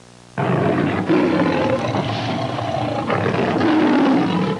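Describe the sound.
Mountain lion call, a loud, rough, growling yowl with a wavering tone, given in two long bursts with a short break near three seconds.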